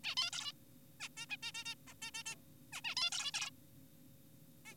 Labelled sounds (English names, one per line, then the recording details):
Zebra Finch
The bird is an adult
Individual g4p5U